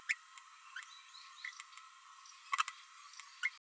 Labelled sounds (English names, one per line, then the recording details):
Green-rumped Parrotlet babbling
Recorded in a nest box in Venezuela
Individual 18B12A3